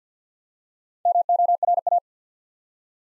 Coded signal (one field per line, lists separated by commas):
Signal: Morse code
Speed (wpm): 48 wpm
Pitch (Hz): 700 Hz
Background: none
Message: MORA